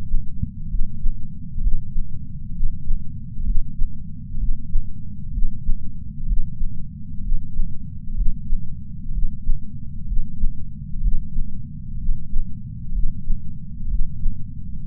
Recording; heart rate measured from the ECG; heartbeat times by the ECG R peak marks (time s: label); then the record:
heart sounds by patch sensor on the chest; 64 bpm
0.67 s: heartbeat
1.60 s: heartbeat
2.51 s: heartbeat
3.43 s: heartbeat
4.36 s: heartbeat
5.30 s: heartbeat
6.25 s: heartbeat
7.20 s: heartbeat
8.14 s: heartbeat
9.10 s: heartbeat
10.04 s: heartbeat
11.00 s: heartbeat
11.97 s: heartbeat
12.91 s: heartbeat
13.87 s: heartbeat
14.82 s: heartbeat
From the record:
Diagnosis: coronary artery disease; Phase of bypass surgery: preoperative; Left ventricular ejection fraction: 49.5%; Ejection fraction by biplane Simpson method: 47.8%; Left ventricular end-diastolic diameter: 60 mm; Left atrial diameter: 43 mm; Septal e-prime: 5 cm/s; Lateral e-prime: 6.6 cm/s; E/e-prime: 10.3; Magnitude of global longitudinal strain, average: 15.5%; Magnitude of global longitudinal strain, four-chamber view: 15.2%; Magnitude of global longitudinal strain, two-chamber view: 16.5%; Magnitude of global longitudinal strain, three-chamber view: 14.7%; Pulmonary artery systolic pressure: 27 mmHg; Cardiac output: 5.6 L/min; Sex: male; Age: 57 years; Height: 175 cm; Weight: 71 kg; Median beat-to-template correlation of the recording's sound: 0.89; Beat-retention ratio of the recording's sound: 0.99